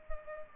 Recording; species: mosquito wingbeat signal from an infrared sensor; Culex pipiens